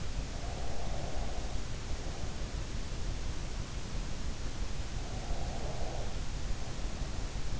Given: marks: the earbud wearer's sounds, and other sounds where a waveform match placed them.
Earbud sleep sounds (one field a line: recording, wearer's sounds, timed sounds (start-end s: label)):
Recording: sounds in sleep by an in-ear microphone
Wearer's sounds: breath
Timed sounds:
0.18-2.98 s: breath
4.34-7.59 s: breath